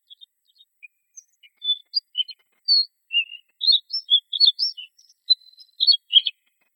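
Bluethroat song, a varied run of short high chirps, whistles and buzzy notes, starting sparse and growing denser and faster toward the end.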